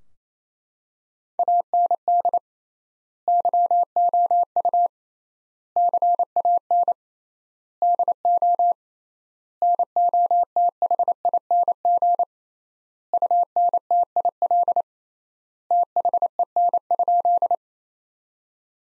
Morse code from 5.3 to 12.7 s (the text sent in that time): CAN DO NOTHING